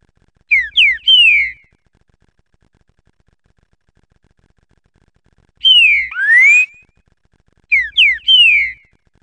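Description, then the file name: Green-winged saltator song with three phrases of loud slurred whistles, one ending in a long rising glide, separated by pauses. "suara trincaferro omkicau"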